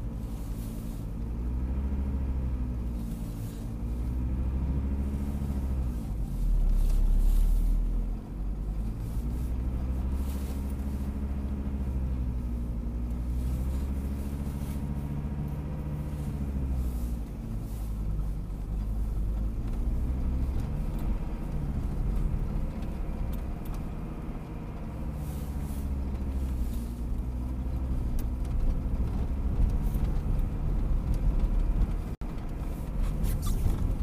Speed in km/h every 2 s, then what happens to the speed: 13, 10, 9, 12, 16, 14, 13, 12, 13, 17, 21, 24, 19, 19, 21, 23, 24.
3-7 speeds up to 16. 7-15 steady at about 13. 15-21 speeds up to 24. 21-34 steady at about 21.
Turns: none.